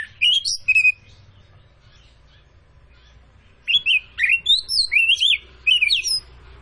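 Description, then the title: Oriental magpie-robin gives a short whistled phrase, falls silent, then launches into a longer run of varied swooping and trilled notes; low hum in the background. Tretes variety, described as gacor (singing actively). "Kacer Tretes"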